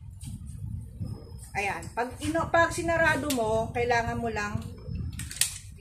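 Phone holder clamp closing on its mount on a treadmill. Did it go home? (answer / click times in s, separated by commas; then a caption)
yes / 5.4 s. Someone talks while closing the clamp of a rotating alloy phone holder mounted on a treadmill. A few short knocks lead up to a sharp click at 5.4 s as the clamp clicks shut and seats.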